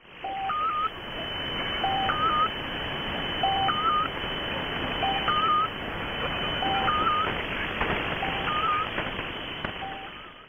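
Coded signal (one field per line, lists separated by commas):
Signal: channel marker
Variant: Squeaky Wheel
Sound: repeating squeaky two-note chirps, low beep then higher warble, over hissy radio static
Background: radio static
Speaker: the majority of its time is spent transmitting a squeaky wheel sound that acts as a signal marker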